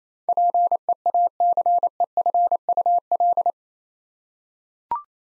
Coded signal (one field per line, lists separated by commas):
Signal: Morse code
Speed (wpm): 27 wpm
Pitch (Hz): 700 Hz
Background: none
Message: PEACEFUL